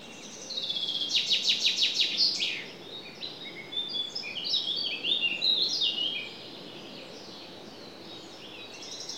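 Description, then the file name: Common chaffinch delivering a fast, high trill ending in a flourish, followed by a run of scattered chirps. "Fringilla coelebs"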